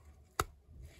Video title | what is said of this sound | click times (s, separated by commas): DIY - 2014 Opel Corsa D 1.4: Swap the 5-speed manual gearbox | and you just push until it clicks | 0.4 s